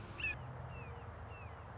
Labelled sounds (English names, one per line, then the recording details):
Red-shouldered Hawk
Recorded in Sonoma County, California